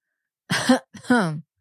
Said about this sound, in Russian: Придав осуждающей интонации, кашлянул в кулак принц Петр Август.